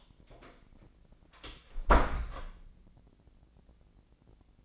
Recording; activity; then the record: daily activity, microphone in the room; close door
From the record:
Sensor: 5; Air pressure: 1009.3 hPa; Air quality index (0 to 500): 164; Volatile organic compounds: 2 ppm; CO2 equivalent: 1258 ppm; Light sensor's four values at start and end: 126/296/127/136 and 125/294/126/136